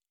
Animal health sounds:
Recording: hydrophone in a shrimp aquaculture tank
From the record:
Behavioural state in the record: normal

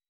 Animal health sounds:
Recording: hydrophone in a shrimp aquaculture tank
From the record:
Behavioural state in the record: weakened

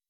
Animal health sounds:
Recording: hydrophone in a shrimp aquaculture tank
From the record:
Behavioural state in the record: weakened

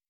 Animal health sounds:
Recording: hydrophone in a shrimp aquaculture tank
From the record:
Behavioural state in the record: normal

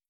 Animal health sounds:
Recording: hydrophone in a shrimp aquaculture tank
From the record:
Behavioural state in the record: feeding

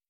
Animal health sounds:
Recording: hydrophone in a shrimp aquaculture tank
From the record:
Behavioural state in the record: feeding

